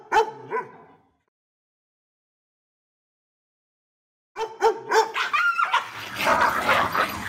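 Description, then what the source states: Dog giving two short barks, then silence, followed by a rapid string of barks that blur into noisy, rough sound at the end. Terrifying dog barking.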